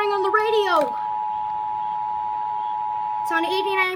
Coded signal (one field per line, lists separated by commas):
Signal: Emergency Alert System (SAME) tones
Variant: 853 and 960 Hz attention tone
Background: speech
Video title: Tornado Warning! (EAS 1,300) NOAA WXradio + FM radio.